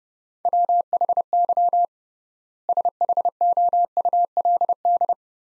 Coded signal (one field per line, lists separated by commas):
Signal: Morse code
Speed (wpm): 30 wpm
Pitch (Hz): 700 Hz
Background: none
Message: WHY SHOULD